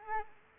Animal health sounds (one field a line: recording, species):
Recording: mosquito wingbeat signal from an infrared sensor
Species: Aedes albopictus